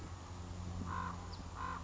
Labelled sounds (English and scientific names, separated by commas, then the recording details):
Common Raven (Corvus corax)
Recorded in Sonoma County, California